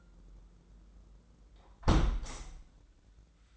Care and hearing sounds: daily activity, microphone in the room; close window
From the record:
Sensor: 3

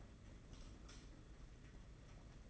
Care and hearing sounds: daily activity, microphone in the room; light off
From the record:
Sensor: 4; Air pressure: 992.7 hPa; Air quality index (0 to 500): 171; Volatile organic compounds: 280 ppm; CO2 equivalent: 4435 ppm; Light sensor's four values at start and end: 5/10/4/4 and 4/8/3/3

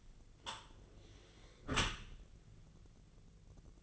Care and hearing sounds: daily activity, microphone in the room; close dishwasher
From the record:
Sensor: 4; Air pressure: 1001.3 hPa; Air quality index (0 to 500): 183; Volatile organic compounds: 2 ppm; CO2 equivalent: 1308 ppm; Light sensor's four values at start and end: 13/30/13/13 and 13/30/12/13

